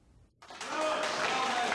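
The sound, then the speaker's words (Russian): After a brief moment of quiet, one man, smiling slightly, claps for a young musician who has finished playing a grand piano in a hall; the clapping keeps going as a steady, dense patter at an even loudness. “Мужчина, слегка улыбнувшись, аплодирует.”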